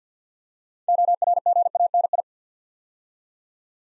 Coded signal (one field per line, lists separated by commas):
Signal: Morse code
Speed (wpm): 50 wpm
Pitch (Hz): 700 Hz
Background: none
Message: ORGANI